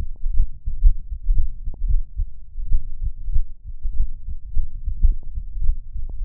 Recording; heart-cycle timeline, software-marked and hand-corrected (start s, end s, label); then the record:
heart sounds
0.00	0.08	S2
0.08	0.30	diastole
0.30	0.46	S1
0.46	0.58	systole
0.58	0.67	S2
0.67	0.82	diastole
0.82	0.94	S1
0.94	1.06	systole
1.06	1.15	S2
1.15	1.28	diastole
1.28	1.42	S1
1.42	1.58	systole
1.58	1.66	S2
1.66	1.86	diastole
1.86	2.04	S1
2.04	2.26	systole
2.26	2.38	S2
2.38	2.64	diastole
2.64	2.80	S1
2.80	3.02	systole
3.02	3.12	S2
3.12	3.32	diastole
3.32	3.44	S1
3.44	3.64	systole
3.64	3.74	S2
3.74	3.96	diastole
3.96	4.08	S1
4.08	4.26	systole
4.26	4.36	S2
4.36	4.54	diastole
4.54	4.64	S1
4.64	4.78	systole
4.78	4.84	S2
4.84	5.02	diastole
5.02	5.16	S1
5.16	5.34	systole
5.34	5.42	S2
5.42	5.62	diastole
5.62	5.76	S1
5.76	5.96	systole
5.96	6.04	S2
6.04	6.24	diastole
6.24	6.25	S1
From the record:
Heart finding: aortic stenosis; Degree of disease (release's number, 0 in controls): 2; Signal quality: good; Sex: female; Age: 90 years or older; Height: 1.63 m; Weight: 60 kg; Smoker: no